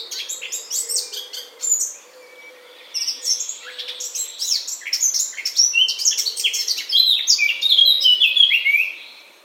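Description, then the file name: Eurasian blackcap song: a rapid jumble of scratchy and clear notes that builds into a louder, tumbling warble. "Sylvia atricapilla"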